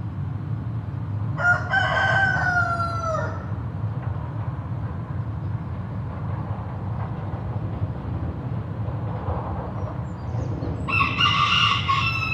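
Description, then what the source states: Chicken: rooster crowing twice, a long harsh cock-a-doodle-doo near the start and another near the end, over a steady low rumble of traffic. Recorded with traffic.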